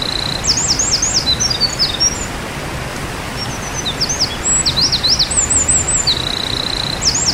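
Winter wren sounding sharp, high jagged notes mixed with flat buzzy tones, several short bursts throughout against steady low noise.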